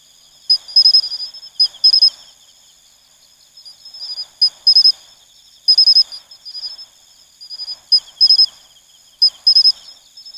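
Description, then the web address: Pine cricket (matsumushi): high, ringing chirps of a pine cricket in short groups of notes, repeated after pauses of varying length, against a continuous high insect hum. "sikioto insect matsumushi"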